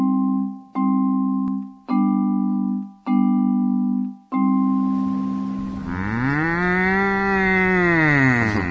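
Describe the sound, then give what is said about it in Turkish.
An ox lows: a run of about five short, steady, low calls, then one long, loud moo whose pitch swells upward and sinks back down. No one speaks. “Neyse, sen aslandan ayrıldıktan sonra öküze yani Şetre Bey'e gittin mi onu söyle bana.”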